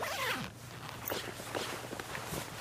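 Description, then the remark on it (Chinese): A quick zipper pull opens the sound, followed by a run of soft, irregular fabric rustles and light shuffling as newly tailored suits are tried on. No one speaks. “哎呦，真精神，真是佛要金装，人要衣装，穿上西装就是不一样。”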